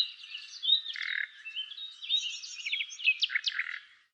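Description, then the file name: Common nightingale producing a dense run of varied whistled and chattering notes, some rising, some clipped, ending in quick sharp bursts before fading out. "Luscinia megarhynchos"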